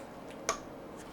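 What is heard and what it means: An SKS trigger group is squeezed down into the receiver in a Tapco conversion stock and clicks and locks into place at 0.5 s. A single sharp metallic click stands out against a quiet background, with faint lighter ticks around 0.3 s and 1.0 s. The trigger group is seated and locked down.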